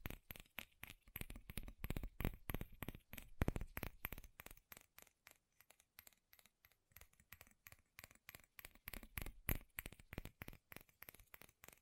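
Fast metal tapping in dense, uneven bursts of bright clinks, easing to sparser taps around the middle before picking up again near the end.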